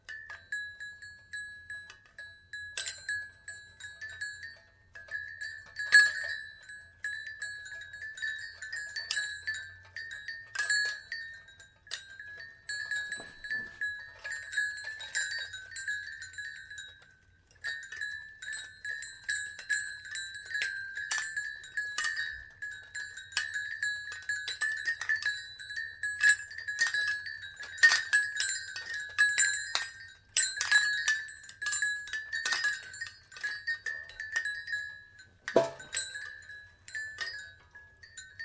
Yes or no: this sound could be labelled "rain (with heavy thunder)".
no